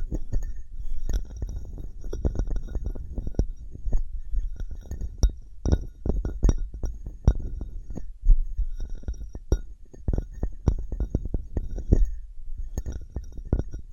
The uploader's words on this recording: ASMR Which One is MORE Tingly Wood vs Cork, Sponge vs Foam, Glass vs Plastic etc (No Talking).